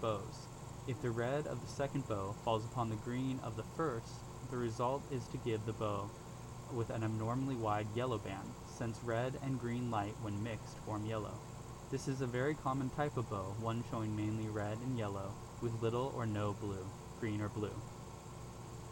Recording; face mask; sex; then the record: reading aloud; surgical mask; male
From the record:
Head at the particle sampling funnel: turned sideways, cheek in front of it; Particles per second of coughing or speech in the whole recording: 0.0258